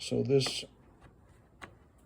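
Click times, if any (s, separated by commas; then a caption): 1.6 s. Someone talks briefly, then at 1.6 s a sharp click sounds as the modified plastic tab on the new air filter cover of a Briggs lawn mower engine is pushed over and snaps into place. The tab was modified so the cover fits over more easily, and it seats.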